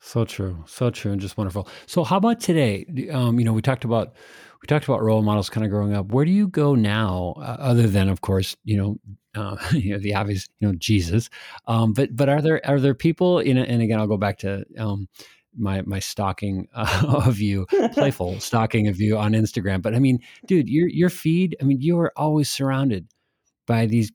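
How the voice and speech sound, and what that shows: One man speaks fluently in a relaxed, conversational tone at a medium pitch, with frequent fillers such as "you know" and "um" and brief pauses. His voice is clear and steady, typical of ordinary speech with no sign of a voice or speech disorder.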